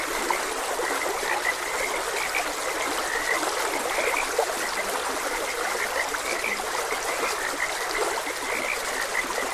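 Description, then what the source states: Frogs give occasional short croaks while running water rushes steadily beneath. Frogs croaking beside a gentle stream.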